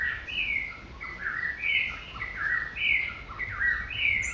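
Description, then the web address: Eastern whip-poor-will song: the three-part whistled phrase, sliding down then sharply up, repeated about every 1.2 seconds over a soft steady background hiss. "whippoorwill"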